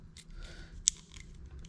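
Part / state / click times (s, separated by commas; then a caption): internal key fob part into replacement plastic shell / seated / 0.9 s. An internal part of a Porsche key fob, hooked in at one end, is pressed down over the back side of a new replacement plastic shell. Amid faint plastic rustling and small ticks, it gives one sharp, loud snap at 0.9 s as it seats into place.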